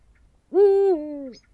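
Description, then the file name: Eurasian eagle-owl hooting once, a deep resonant note sliding down partway through into a lower, quieter tail, with a faint high chirp at the end. "uhu bagoly hangja"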